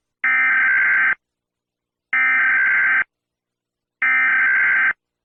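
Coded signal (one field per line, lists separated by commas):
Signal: Emergency Alert System (SAME) tones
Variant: header bursts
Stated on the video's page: Fictional EAS scenario made for fun, not a real alert.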